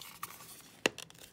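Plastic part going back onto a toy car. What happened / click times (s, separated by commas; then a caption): The small plastic part snapped into place / 0.9 s. A plastic part is refitted onto a collectible toy car, with faint scratchy handling and small ticks around it. A single sharp, loud click at 0.9 s is the part seating into place, followed by a few lighter ticks.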